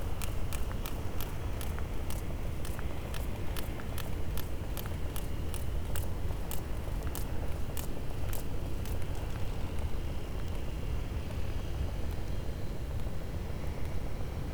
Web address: Physeter Macrocephalus cachalot